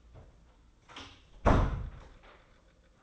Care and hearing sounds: daily activity, microphone in the room; close door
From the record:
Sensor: 3

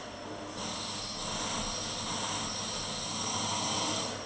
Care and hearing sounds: daily activity, microphone in the room; vacuum cleaning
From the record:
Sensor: 4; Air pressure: 1011.1 hPa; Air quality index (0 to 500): 150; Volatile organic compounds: 3 ppm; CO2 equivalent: 1532 ppm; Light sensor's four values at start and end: 91/243/102/106 and 91/242/101/106

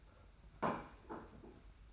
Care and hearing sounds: daily activity, microphone in the room; place plate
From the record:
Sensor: 2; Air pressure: 991.7 hPa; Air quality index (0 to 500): 186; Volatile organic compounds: 1000 ppm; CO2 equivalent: 6082 ppm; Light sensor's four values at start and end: 26/82/32/30 and 26/82/32/30

